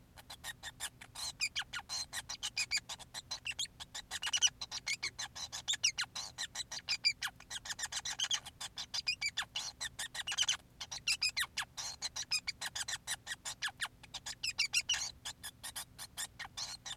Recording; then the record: song of a male Bengalese finch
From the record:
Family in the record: son of father 5